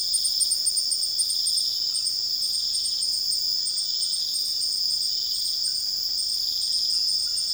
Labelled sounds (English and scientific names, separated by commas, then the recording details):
none
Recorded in dense forest near Puerto Asís, Putumayo, Colombia, on 20 February 2024 at 04:00
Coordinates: 0.481, -76.318
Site G6421